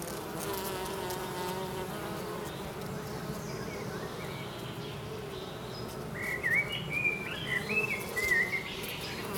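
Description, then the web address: Bee hum as a continuous low buzzing drone, joined in the second half by a small bird's quick twittering, rising and falling song. "Soundscape Abeille"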